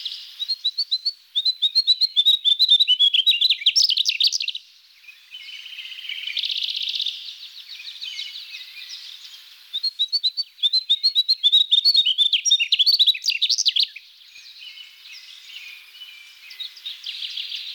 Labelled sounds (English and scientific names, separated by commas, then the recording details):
Mugimaki Flycatcher (Ficedula mugimaki) song
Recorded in the wild
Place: Tormasu (Umgebung), RU
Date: 1994-06-03
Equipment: Dat-Recorder Casio DA 7, Telinga DAT, Telinga-Parabolspiegel
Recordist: Schwarz, Dieter